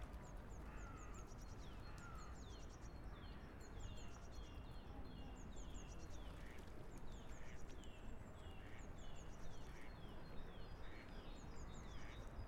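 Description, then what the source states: Birds call with high chirps and downslurred notes throughout, over a steady deep rumble of background noise. Recorded in a park in Vienna.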